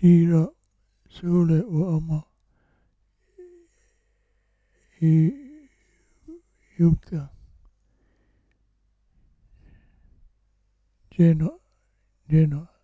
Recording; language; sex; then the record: read list of words; Italian; male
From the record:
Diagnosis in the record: Parkinson's disease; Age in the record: 65 years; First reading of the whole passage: 164 s, 3.2 characters per second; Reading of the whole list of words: 151 s, 1.9 characters per second